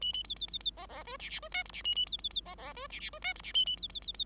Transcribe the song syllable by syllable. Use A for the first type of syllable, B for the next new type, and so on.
A A B B B B C C D E E D F G E A A B B B C C D E E D F G E A A B B B B